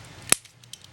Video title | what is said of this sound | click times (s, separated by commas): Injustice Batman - #GeekApproved | unplug until you hear the pop | 0.3 s